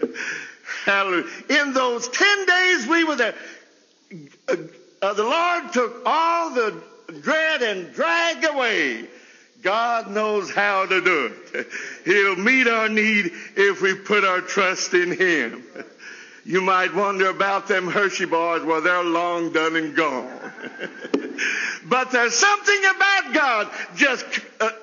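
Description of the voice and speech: A man who stutters preaches at a college chapel service in a lilting, high-pitched sermon voice. He is mostly fluent, with stretched sounds and a stall on 'the' followed by a long silent break before 'the Lord'. Other words are prolonged at phrase ends. These are mild stuttering disfluencies: prolongations and a block, in a stutter he says has improved.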